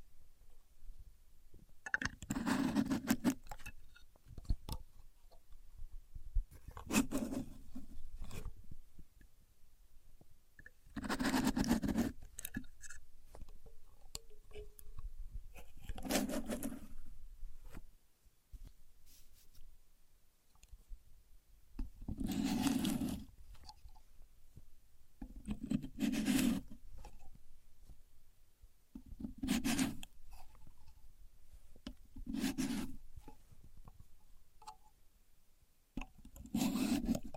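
A contour gauge is pressed and pushed repeatedly, each push a short burst of clicking pin rattle with a low thud beneath it. About ten bursts come at irregular intervals of a few seconds, separated by near silence with faint handling noise.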